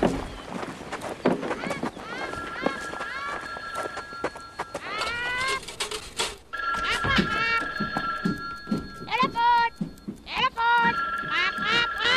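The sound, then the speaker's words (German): A telephone rings at a workbench, its red lamp blinking, with a steady, high electronic tone that sounds in long stretches, mixed with busy clattering and knocking noises throughout. “Da, das Telefon. Die rote Lampe an der Werkbank blinkt.”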